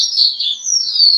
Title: Suara Burung Branjangan